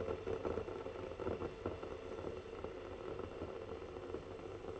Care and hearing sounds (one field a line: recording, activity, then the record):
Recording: daily activity, microphone in the room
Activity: make coffee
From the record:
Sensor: 4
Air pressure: 1010.2 hPa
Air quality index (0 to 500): 178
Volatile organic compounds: 5 ppm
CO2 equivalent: 1802 ppm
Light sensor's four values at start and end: 28/82/32/32 and 26/76/30/30